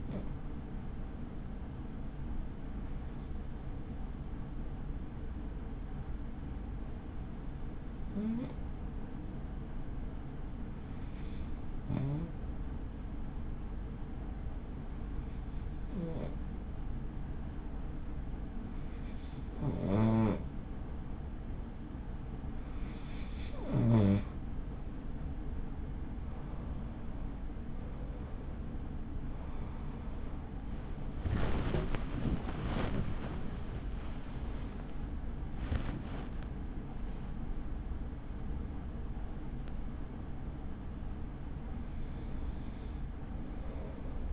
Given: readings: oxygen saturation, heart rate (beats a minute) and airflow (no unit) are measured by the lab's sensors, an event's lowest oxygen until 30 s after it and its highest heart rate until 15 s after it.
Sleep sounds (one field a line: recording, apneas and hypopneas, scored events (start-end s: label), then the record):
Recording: breathing in sleep by a smartphone at the bedside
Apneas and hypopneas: 1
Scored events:
10.00-30.40 s: hypopnea (N2, oxygen 96% highest, then 92% lowest, heart rate 50 at the start, 78 highest)
From the record:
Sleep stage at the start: N2 (light sleep)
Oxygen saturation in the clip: 92 to 96%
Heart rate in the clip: 41 to 78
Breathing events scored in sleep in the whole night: 83 in 6.1 hours asleep